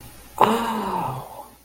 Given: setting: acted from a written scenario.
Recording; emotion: vocal sound without words; realization